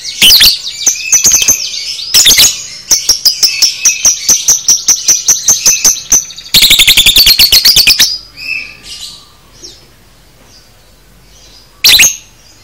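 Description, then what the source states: Lovebird chattering: bursts of loud, sharp, high chirps in rapid series, pausing after about eight seconds before one last short burst. Masteran 'paud' lovebird recording, made for training cage birds.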